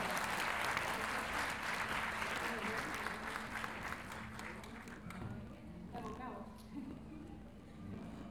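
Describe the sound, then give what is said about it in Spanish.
An audience at a payadores gathering in Lo Barnechea, Chile, breaks into dense, sustained applause for performers coming onto the stage, holding steady for several seconds, then thinning out and fading as a man's voice begins speaking over the last scattered claps. “Un aplauso para ellos.”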